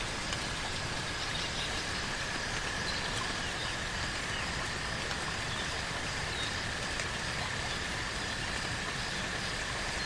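Rain patters steadily onto fallen leaves, a dense, even hiss, while a thin insect drone hums at one bright pitch throughout.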